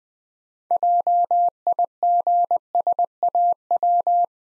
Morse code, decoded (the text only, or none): JIGSAW